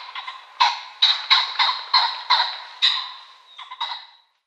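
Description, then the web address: Ring-necked pheasant giving loud, harsh, cackling notes in quick succession, each with a rough start and fading tail, ending in a few softer notes. Male. "Schulze Peter Ring-necked Pheasant male calls"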